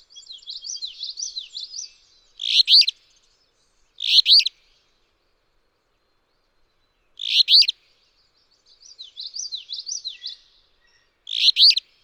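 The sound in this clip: Alder flycatcher singing four brief, harsh, buzzy phrases at uneven intervals, alternating with another songbird's rapid warbled notes.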